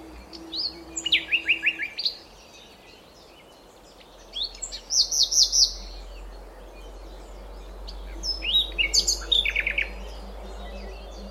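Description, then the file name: Common nightingale repeating phrases of quick chirped note series, three phrases separated by pauses. "Luscinia megarhynchos"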